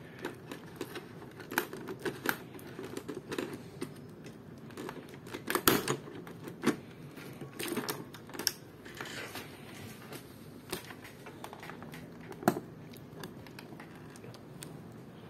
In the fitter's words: don't force it just pry until you hear the clicks so